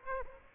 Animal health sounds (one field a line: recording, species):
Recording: mosquito wingbeat signal from an infrared sensor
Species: Aedes aegypti